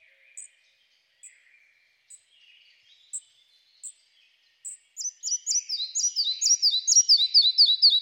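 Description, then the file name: Red-breasted flycatcher: scattered thin high ticks and soft notes at first, then a rapid, ringing series of high repeated phrases. "Mathias Ritschard - Malaya muholovka Ficedula parva"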